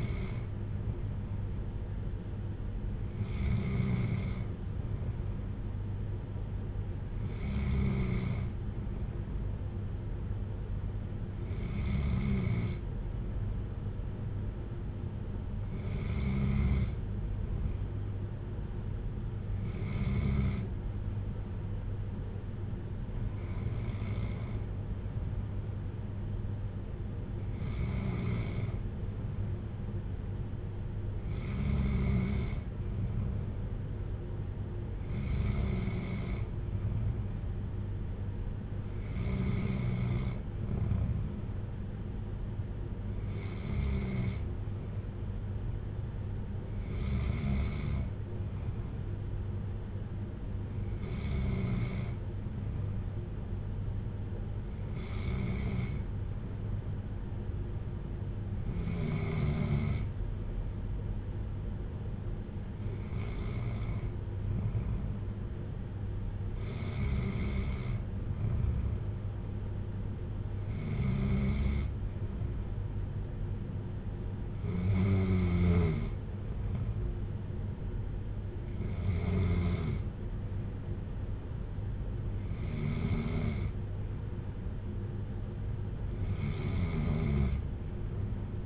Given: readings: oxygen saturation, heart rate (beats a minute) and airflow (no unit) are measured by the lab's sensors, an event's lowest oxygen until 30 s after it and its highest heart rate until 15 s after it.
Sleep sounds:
breathing in sleep by a smartphone at the bedside; none
none scored
From the record:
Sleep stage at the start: N2 (light sleep); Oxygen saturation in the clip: 94 to 95%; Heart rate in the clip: 57 to 64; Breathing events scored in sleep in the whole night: 310 in 8.1 hours asleep

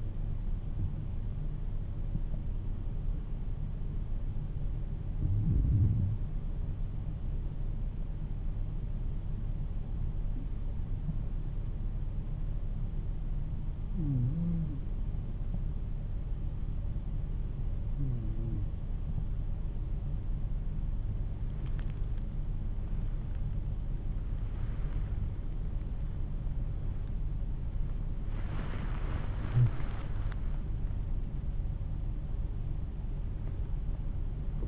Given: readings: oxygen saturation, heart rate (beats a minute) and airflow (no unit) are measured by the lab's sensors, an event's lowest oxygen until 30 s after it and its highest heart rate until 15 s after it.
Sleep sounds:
a person awake in a sleep study, by a smartphone at the bedside; 1
3.00-27.00 s: hypopnea (N1, oxygen 95% highest, then 94% lowest, heart rate 52 at the start, 61 highest)
16.00-34.68 s: new sleep stage, awake
23.00-34.68 s: awake
From the record:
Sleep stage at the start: N1 (lightest sleep); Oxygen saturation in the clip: 94 to 95%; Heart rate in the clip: 52 to 58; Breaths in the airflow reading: 8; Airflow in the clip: -12.1 to 12.7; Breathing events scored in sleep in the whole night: 388 in 6.5 hours asleep

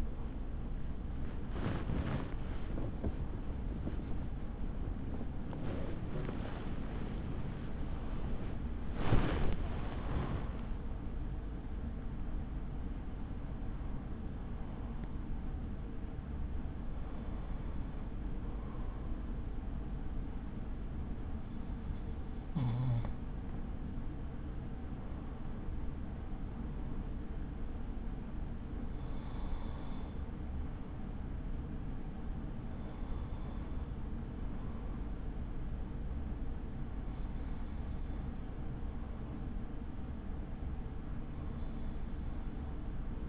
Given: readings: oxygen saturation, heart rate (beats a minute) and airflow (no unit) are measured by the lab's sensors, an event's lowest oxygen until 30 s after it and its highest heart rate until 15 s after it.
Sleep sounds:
a person awake in a sleep study, by a smartphone at the bedside; none
5.00-35.00 s: new sleep stage, awake
6.00-36.00 s: awake
35.00-43.29 s: new sleep stage, N1 (lightest sleep)
From the record:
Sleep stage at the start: N1 (lightest sleep); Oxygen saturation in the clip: 95 to 97%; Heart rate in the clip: 44 to 81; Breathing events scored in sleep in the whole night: 83 in 6.1 hours asleep

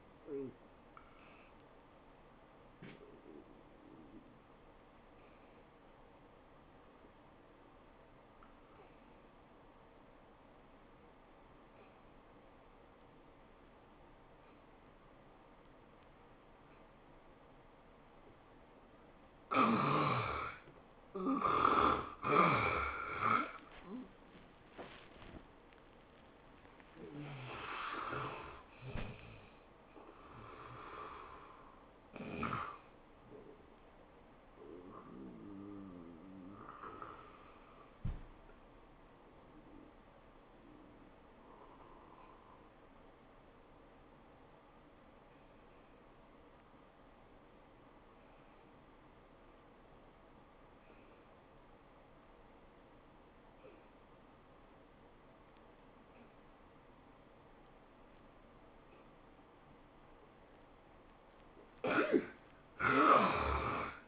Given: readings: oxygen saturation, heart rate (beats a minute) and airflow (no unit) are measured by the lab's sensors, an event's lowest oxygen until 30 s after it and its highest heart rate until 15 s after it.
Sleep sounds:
breathing in sleep by a voice recorder at the bedside; 2
3.00-20.20 s: obstructive apnea (N1, oxygen 71% highest, then 69% lowest, heart rate 101 at the start, 111 highest)
39.00-59.90 s: hypopnea (N1, oxygen 97% highest, then 71% lowest, heart rate 89 at the start, 107 highest)
From the record:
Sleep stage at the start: N1 (lightest sleep); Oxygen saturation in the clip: 69 to 97%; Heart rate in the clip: 80 to 111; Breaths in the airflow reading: 9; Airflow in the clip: -22.3 to 14.0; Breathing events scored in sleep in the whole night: 403 in 5.5 hours asleep

